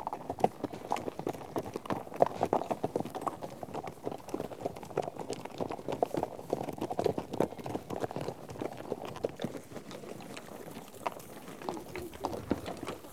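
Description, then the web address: Many horse hooves thud and clop steadily over thirteen seconds, overlapping into a busy, uneven rhythm that thins slightly toward the end. A herd of horses out on a trek. "BBC Sound Effects Library - Horses Herd of horses out on trek"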